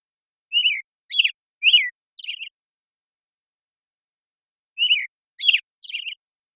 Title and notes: BIRDSong Thrushes And Allies - American Robin Morning Song. American Robin, Turdus migratorius, morning song. Recorded in the beautiful Pacific Northwest, Washington, United States